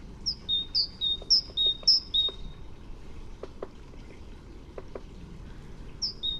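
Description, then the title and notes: Great tit giving a clear two-note song, high then lower, repeated four times, then a quiet gap before one more phrase, with soft clicks in the background. "Kjøttmeis by forskningno"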